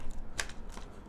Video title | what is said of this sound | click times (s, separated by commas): iPad Pro 2020! Unboxing & Review | if I kind of just push the corner in there we go I heard the little click now | 0.4 s